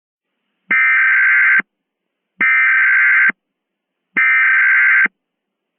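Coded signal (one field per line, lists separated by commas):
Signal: Emergency Alert System (SAME) tones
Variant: header bursts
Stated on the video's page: Simulated mock EAS scenario with random content, not a real alert.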